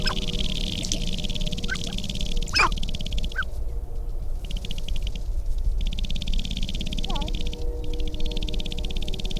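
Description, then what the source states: Sharp-tailed grouse making a rapid, buzzing rattle with a few short breaks, with a few brief, sharp, falling notes scattered through it and a low background hum. Recorded 22 April 2005.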